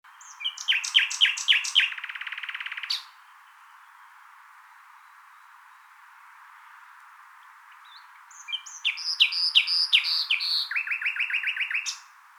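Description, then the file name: Common nightingale song: rapid repeated notes and a fast buzzy trill, a long pause, then another phrase of chattering notes ending in a rattling series. "Luscinia megarhynchos"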